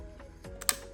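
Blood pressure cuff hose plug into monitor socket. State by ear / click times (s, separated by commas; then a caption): seated / 0.7 s. A blood pressure cuff's air-hose plug is pushed into the socket of a home blood pressure monitor. Over a faint steady hum, a soft tap at 0.6 s leads into a sharp, bright click at 0.7 s as the plug seats in the monitor.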